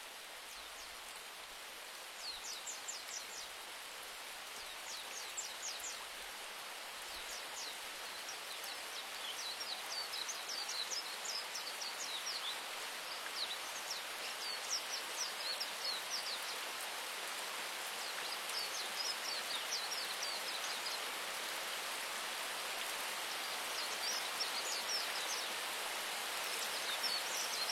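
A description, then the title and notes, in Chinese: Rain falls in a rainforest as a dense, steady hiss that grows slightly louder over the half minute. High, quick bird chirps come in short bursts every few seconds throughout, over the constant rush of falling and flowing water. 雨林，鸟儿，小溪，水流，下雨。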